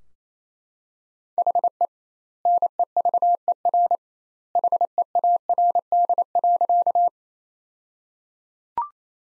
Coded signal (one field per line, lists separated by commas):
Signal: Morse code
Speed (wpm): 28 wpm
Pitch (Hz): 700 Hz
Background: none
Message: HE NEVER HEARD.